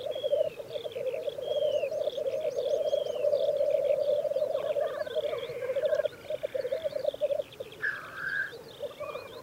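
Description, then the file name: Black grouse producing a rolling low bubbling coo that pauses briefly, over a busy chorus of higher bird calls and short whistles. "orre"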